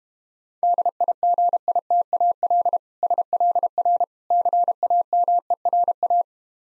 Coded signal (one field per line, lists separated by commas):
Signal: Morse code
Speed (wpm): 32 wpm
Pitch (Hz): 700 Hz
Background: none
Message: DIGITAL SLR CAMERA